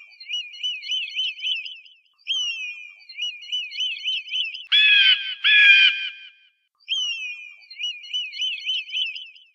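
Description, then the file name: Eagle calls: quick runs of wavering, piping whistled notes, broken midway by two loud, harsh screams before the piping chatter resumes. "Sonido del Águila"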